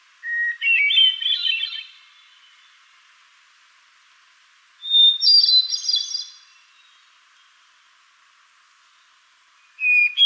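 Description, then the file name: Hermit thrush singing flute-like phrases, each starting on a clear held note and breaking into ringing trills, at a new pitch about every four to five seconds. "HETH song"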